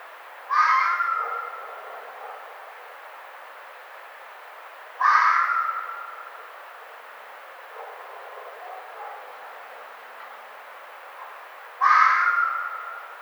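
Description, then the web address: Red fox calling three times with raspy, scratchy cries, the later calls coming after four- and seven-second gaps. Recorded 1 May 2009. "Red Fox 2009 05 01"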